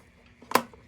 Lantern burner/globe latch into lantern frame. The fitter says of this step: Click. Nice.